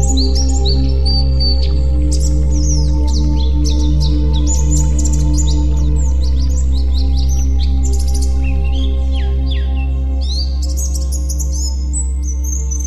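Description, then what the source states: White-eye, long run of rapid high chirping and warbling, pausing briefly near the end before resuming, with a constant low drone. White-eye 'terapi' (therapy) song.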